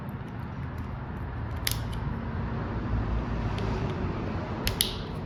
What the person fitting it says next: And it clicks into place. There we go.